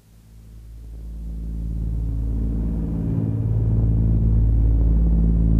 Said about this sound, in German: Ich habe gedacht, im Flugzeug könnten wir vielleicht ein bisschen arbeiten. Aber dieses ewige Brummen der Motoren schläfert ein.